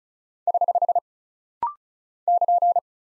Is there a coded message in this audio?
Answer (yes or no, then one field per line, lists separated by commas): yes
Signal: Morse code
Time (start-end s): 0.5-2.8 s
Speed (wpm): 36 wpm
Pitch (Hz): 700 Hz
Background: none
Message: <HH> <KN>